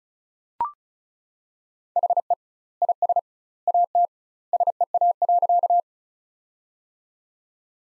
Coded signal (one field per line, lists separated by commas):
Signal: Morse code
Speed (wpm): 36 wpm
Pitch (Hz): 700 Hz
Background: none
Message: HE IS AT SEA.